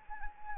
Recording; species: mosquito wingbeat signal from an infrared sensor; Anopheles arabiensis